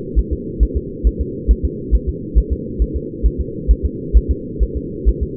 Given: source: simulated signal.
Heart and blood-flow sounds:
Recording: fetal heart sounds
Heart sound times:
0.19 s: S1
0.33 s: S2
0.63 s: S1
0.77 s: S2
1.07 s: S1
1.21 s: S2
1.51 s: S1
1.65 s: S2
1.95 s: S1
2.09 s: S2
2.38 s: S1
2.53 s: S2
2.82 s: S1
2.96 s: S2
3.26 s: S1
3.41 s: S2
3.71 s: S1
3.85 s: S2
4.17 s: S1
4.31 s: S2
4.63 s: S1
4.77 s: S2
5.09 s: S1
5.23 s: S2
From the record:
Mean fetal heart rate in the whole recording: 135 bpm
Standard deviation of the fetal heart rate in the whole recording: 3 bpm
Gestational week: 34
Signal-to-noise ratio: -4.1 dB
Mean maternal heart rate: no maternal heart sound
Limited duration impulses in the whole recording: absent

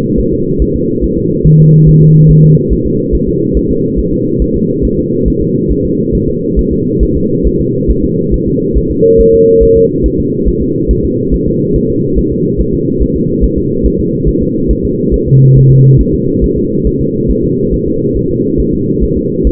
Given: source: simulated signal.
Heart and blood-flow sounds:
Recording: fetal heart sounds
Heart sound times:
0.20 s: S1
0.33 s: S2
0.62 s: S1
0.76 s: S2
1.04 s: S1
1.18 s: S2
1.47 s: S1
1.60 s: S2
1.89 s: S1
2.03 s: S2
2.31 s: S1
2.44 s: S2
2.73 s: S1
2.86 s: S2
3.15 s: S1
3.28 s: S2
3.57 s: S1
3.71 s: S2
3.99 s: S1
4.13 s: S2
4.42 s: S1
4.56 s: S2
4.85 s: S1
4.99 s: S2
5.28 s: S1
5.42 s: S2
5.72 s: S1
5.85 s: S2
6.15 s: S1
6.29 s: S2
6.59 s: S1
6.73 s: S2
7.03 s: S1
7.16 s: S2
7.47 s: S1
7.60 s: S2
7.91 s: S1
8.04 s: S2
8.34 s: S1
8.48 s: S2
8.78 s: S1
8.91 s: S2
9.21 s: S1
9.34 s: S2
9.63 s: S1
9.77 s: S2
10.06 s: S1
10.20 s: S2
10.48 s: S1
10.62 s: S2
10.91 s: S1
11.05 s: S2
11.34 s: S1
11.47 s: S2
11.76 s: S1
11.90 s: S2
12.19 s: S1
12.32 s: S2
12.61 s: S1
12.74 s: S2
13.03 s: S1
13.16 s: S2
13.44 s: S1
13.58 s: S2
13.86 s: S1
14.00 s: S2
14.29 s: S1
14.42 s: S2
14.71 s: S1
14.85 s: S2
15.14 s: S1
15.28 s: S2
15.57 s: S1
15.71 s: S2
16.01 s: S1
16.14 s: S2
16.44 s: S1
16.58 s: S2
16.87 s: S1
17.01 s: S2
17.31 s: S1
17.44 s: S2
17.74 s: S1
17.88 s: S2
18.17 s: S1
18.31 s: S2
18.60 s: S1
18.74 s: S2
19.04 s: S1
19.17 s: S2
19.47 s: S1
From the record:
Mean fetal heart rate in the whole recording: 140 bpm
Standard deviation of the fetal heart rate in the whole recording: 2 bpm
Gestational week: 34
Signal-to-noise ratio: -11.2 dB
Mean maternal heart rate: 72 bpm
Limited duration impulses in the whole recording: present

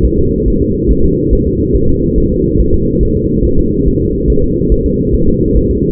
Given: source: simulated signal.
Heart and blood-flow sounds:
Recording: fetal heart sounds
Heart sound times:
0.05 s: S1
0.19 s: S2
0.48 s: S1
0.62 s: S2
0.91 s: S1
1.05 s: S2
1.33 s: S1
1.47 s: S2
1.75 s: S1
1.89 s: S2
2.18 s: S1
2.32 s: S2
2.60 s: S1
2.74 s: S2
3.03 s: S1
3.17 s: S2
3.45 s: S1
3.59 s: S2
3.88 s: S1
4.01 s: S2
4.30 s: S1
4.44 s: S2
4.72 s: S1
4.86 s: S2
5.15 s: S1
5.28 s: S2
5.57 s: S1
5.71 s: S2
From the record:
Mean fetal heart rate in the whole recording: 140 bpm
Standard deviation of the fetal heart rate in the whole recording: 2 bpm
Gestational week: 34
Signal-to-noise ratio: -16.4 dB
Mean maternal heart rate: 72 bpm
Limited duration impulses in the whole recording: present

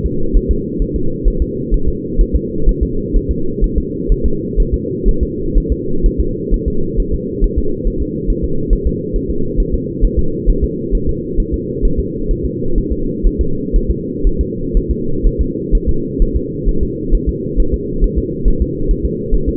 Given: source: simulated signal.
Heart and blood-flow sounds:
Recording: fetal heart sounds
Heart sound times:
0.06 s: S2
0.37 s: S1
0.51 s: S2
0.82 s: S1
0.96 s: S2
1.28 s: S1
1.42 s: S2
1.74 s: S1
1.88 s: S2
2.21 s: S1
2.36 s: S2
2.69 s: S1
2.83 s: S2
3.16 s: S1
3.31 s: S2
3.64 s: S1
3.78 s: S2
4.12 s: S1
4.26 s: S2
4.60 s: S1
4.74 s: S2
5.09 s: S1
5.23 s: S2
5.58 s: S1
5.72 s: S2
6.06 s: S1
6.20 s: S2
6.54 s: S1
6.68 s: S2
7.00 s: S1
7.14 s: S2
7.44 s: S1
7.58 s: S2
7.87 s: S1
8.02 s: S2
8.30 s: S1
8.44 s: S2
8.73 s: S1
8.87 s: S2
9.16 s: S1
9.30 s: S2
9.60 s: S1
9.74 s: S2
10.05 s: S1
10.19 s: S2
10.50 s: S1
10.64 s: S2
10.95 s: S1
11.09 s: S2
11.40 s: S1
11.54 s: S2
11.85 s: S1
12.00 s: S2
12.31 s: S1
12.45 s: S2
12.78 s: S1
12.92 s: S2
13.27 s: S1
13.41 s: S2
13.76 s: S1
13.91 s: S2
14.27 s: S1
14.41 s: S2
14.77 s: S1
14.91 s: S2
15.26 s: S1
15.41 s: S2
15.75 s: S1
15.89 s: S2
16.22 s: S1
16.37 s: S2
16.69 s: S1
16.83 s: S2
17.15 s: S1
17.29 s: S2
17.60 s: S1
17.74 s: S2
18.04 s: S1
18.19 s: S2
18.48 s: S1
18.62 s: S2
18.91 s: S1
19.05 s: S2
19.34 s: S1
19.49 s: S2
From the record:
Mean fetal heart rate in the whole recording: 130 bpm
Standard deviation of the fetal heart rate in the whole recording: 4 bpm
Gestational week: 38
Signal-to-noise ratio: -8.1 dB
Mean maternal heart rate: 72 bpm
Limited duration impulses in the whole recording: absent

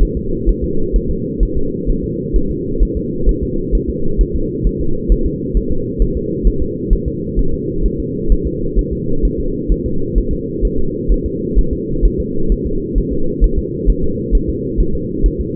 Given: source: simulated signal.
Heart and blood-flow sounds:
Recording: fetal heart sounds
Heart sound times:
0.03 s: S1
0.17 s: S2
0.49 s: S1
0.64 s: S2
0.96 s: S1
1.11 s: S2
1.43 s: S1
1.57 s: S2
1.90 s: S1
2.04 s: S2
2.36 s: S1
2.51 s: S2
2.82 s: S1
2.97 s: S2
3.29 s: S1
3.43 s: S2
3.75 s: S1
3.89 s: S2
4.21 s: S1
4.36 s: S2
4.67 s: S1
4.81 s: S2
5.12 s: S1
5.27 s: S2
5.57 s: S1
5.72 s: S2
6.02 s: S1
6.17 s: S2
6.47 s: S1
6.62 s: S2
6.93 s: S1
7.08 s: S2
7.39 s: S1
7.54 s: S2
7.86 s: S1
8.00 s: S2
8.32 s: S1
8.47 s: S2
8.79 s: S1
8.93 s: S2
9.25 s: S1
9.40 s: S2
9.72 s: S1
9.86 s: S2
10.18 s: S1
10.33 s: S2
10.65 s: S1
10.79 s: S2
11.12 s: S1
11.26 s: S2
11.58 s: S1
11.73 s: S2
12.05 s: S1
12.20 s: S2
12.52 s: S1
12.67 s: S2
12.98 s: S1
13.13 s: S2
13.44 s: S1
13.59 s: S2
13.90 s: S1
14.04 s: S2
14.35 s: S1
14.49 s: S2
14.80 s: S1
14.95 s: S2
15.26 s: S1
15.40 s: S2
From the record:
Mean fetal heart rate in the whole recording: 130 bpm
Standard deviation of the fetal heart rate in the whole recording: 2 bpm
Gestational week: 36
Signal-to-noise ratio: -8.1 dB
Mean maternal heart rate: 72 bpm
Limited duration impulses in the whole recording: absent

